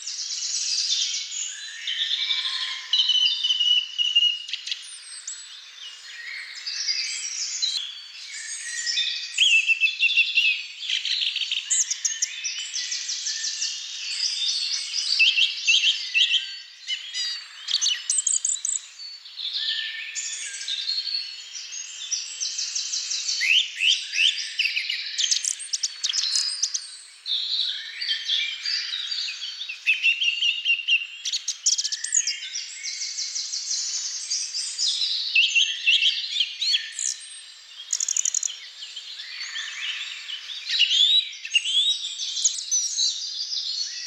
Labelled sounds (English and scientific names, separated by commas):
Song Thrush (Turdus philomelos) song